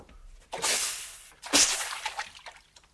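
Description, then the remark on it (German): Burning torches are plunged into a bucket of water beside a baking oven, making two loud, sharp hissing sizzles a second apart. Each bursts suddenly and then fades into softer crackling and dripping. “Ob wir sie besser auslöschen, Grischa? Ja, in den Wassereimer damit”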